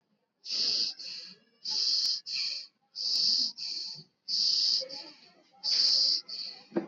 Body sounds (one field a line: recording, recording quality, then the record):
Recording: shallow breathing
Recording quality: excellent, no background noise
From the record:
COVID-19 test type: RT-PCR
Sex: male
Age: 56 years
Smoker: no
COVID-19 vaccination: both doses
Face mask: worn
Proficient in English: yes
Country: India